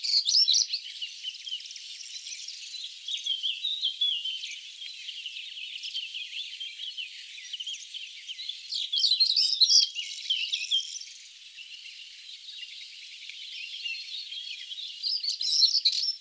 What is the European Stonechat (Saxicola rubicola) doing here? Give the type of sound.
song